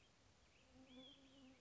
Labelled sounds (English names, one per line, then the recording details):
Olive-sided Flycatcher
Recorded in Sonoma County, California